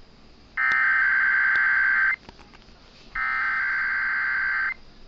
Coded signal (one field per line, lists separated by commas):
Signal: Emergency Alert System (SAME) tones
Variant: header bursts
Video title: KDKA required weekly test from January 9, 2022 (with a new preroll)